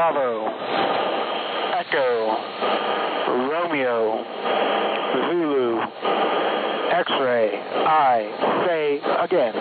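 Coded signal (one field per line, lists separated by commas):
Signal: coded military voice message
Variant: USAF Emergency Action Message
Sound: a voice reading phonetic-alphabet letters over a narrow, sideband-style radio channel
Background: radio static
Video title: 11175 KHZ USB USAFGHF EAM Emergency action message with Yaleman RSPDX Wellbrook loop Tampa Florida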